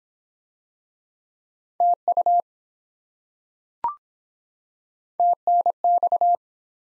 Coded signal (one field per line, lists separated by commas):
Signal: Morse code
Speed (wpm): 25 wpm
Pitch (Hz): 700 Hz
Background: none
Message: TU TNX